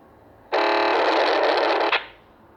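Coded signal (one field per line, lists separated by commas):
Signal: POCSAG pager data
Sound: one harsh raspy buzzing data burst lasting about one and a half seconds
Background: radio static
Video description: UPDATED: It’s a Personal Searcher ”sound” you are hearing and a POCSAG broadcasting.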